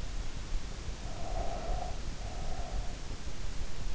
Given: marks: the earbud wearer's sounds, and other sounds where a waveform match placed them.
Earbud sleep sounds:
sounds in sleep by an in-ear microphone; breath
0.88-3.15 s: breath

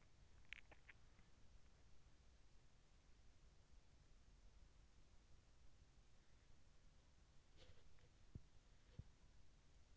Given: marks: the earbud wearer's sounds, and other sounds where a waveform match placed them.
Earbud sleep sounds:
sounds in sleep by an in-ear microphone; swallowing
0.00-1.69 s: swallowing

